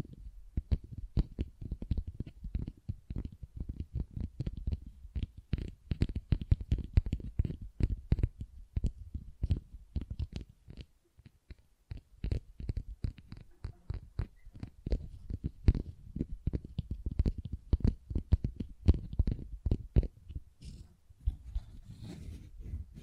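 Tapping and scratching on textured surfaces in a dense, irregular stream of quick dull knocks and crackles, with a brief lull near ten seconds.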